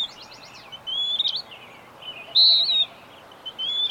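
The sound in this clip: Bird song: short high whistles and a loud flat whistled note near the middle, with scattered quick chirps over a steady hiss of background noise.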